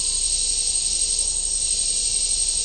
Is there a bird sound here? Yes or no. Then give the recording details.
no. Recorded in dense forest near Puerto Asís, Putumayo, Colombia, on 20 December 2024 at 15:30. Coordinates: 0.499, -76.324. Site G045